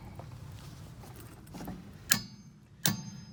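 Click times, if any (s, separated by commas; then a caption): 2.1 s, 2.9 s. A click-type torque wrench set to 90 tightens a lug nut clockwise onto a trailer wheel stud, turning until the wrench clicks. After a low, steady background, two sharp clicks ring out at 2.1 s and 2.9 s, showing the wrench has clicked at its setting and the nut has reached the set torque.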